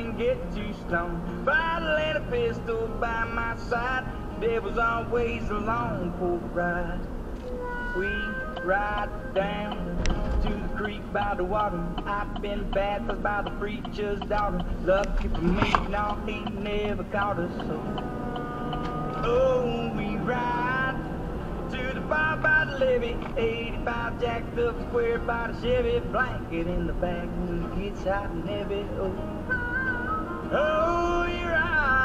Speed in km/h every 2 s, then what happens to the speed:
60, 58, 58, 56, 58, 50, 39, 29, 26, 37, 50, 55, 55, 56, 56, 63.
0-9 steady at about 58. 9-16 brakes to 26. 16-21 speeds up to 55. 21-28 steady at about 55. 28-32 speeds up to 63.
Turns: 13-17.